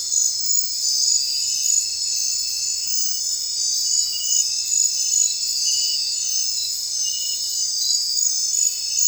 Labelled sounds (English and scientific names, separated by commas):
none